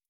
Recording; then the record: hydrophone in a shrimp aquaculture tank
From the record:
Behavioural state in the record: stressed